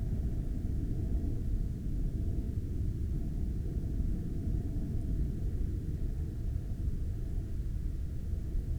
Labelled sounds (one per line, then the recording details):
aircraft
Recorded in Ivvavik National Park, Yukon, on 12 May 2019 at 15:06
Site SINP04